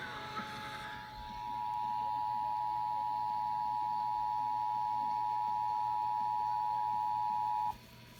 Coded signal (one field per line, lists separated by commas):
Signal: Emergency Alert System (SAME) tones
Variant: 853 and 960 Hz attention tone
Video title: EAS Pennsylvania Required Monthly Test #5